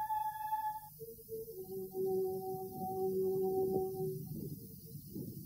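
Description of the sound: Slow, sustained orchestral notes from Beethoven's Fifth Symphony sound muffled and dull, with the treble stripped away over a steady low rumble, as heard from inside a pregnant woman's uterus. This is how outside music reaches a fetus, a normal hearing experience; the inner ear is in place from the fourth month, and at six months the fetus reacts to music, as seen on ultrasound.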